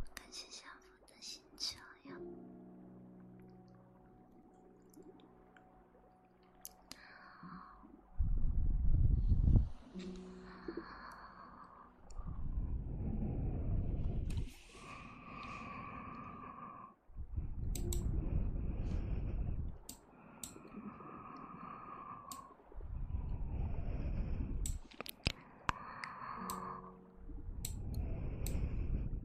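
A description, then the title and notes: Ear massage sounds come very close up: dense rubbing, muffled bursts that press low and loud in repeated stretches from about eight seconds on, each lasting a few seconds. Between them come soft clicks, light taps, a faint steady tone early on, and quiet squishy touches. Intense Ear Massage.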